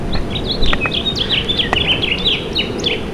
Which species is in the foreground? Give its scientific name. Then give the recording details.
Haemorhous mexicanus. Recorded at Freeport on Long Island, New York, on 28 May 2013. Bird D